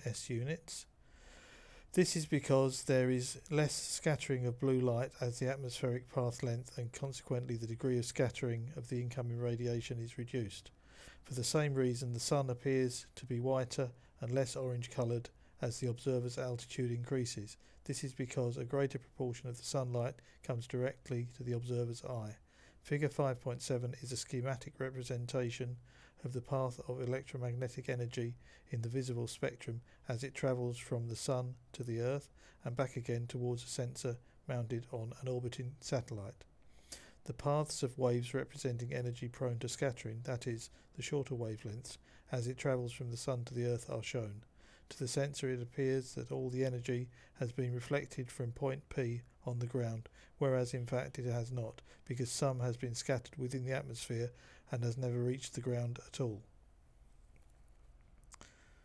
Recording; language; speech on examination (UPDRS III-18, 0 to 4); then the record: text read into a phone; English; 0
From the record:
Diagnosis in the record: Parkinson's disease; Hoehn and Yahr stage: 2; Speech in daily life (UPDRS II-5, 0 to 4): 0